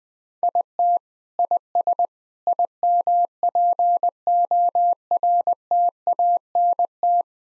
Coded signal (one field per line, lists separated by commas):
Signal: Morse code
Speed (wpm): 21 wpm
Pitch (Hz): 700 Hz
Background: none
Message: IT IS IMPORTANT